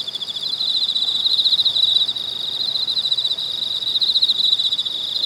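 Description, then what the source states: Cicadas calling in a loud, rapidly pulsing high buzz that builds in the first second, then surges and eases in overlapping waves. Cicadas in Weinan, China.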